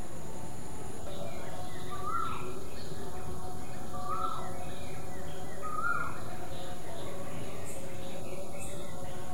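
Koel call, three short clear rising-falling notes over background hiss.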